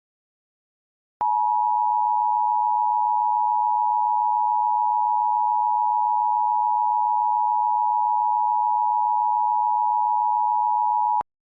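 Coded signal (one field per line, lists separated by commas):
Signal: Emergency Alert System (SAME) tones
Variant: 853 and 960 Hz attention tone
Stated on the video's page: Custom prank UK nuclear attack EAS scenario using valid EAS tones.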